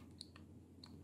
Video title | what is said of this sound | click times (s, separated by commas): Dremel 3-in-1 Laser Measurer HSLM-01 the easy way to measure | snap in place | 0.2 s, 0.8 s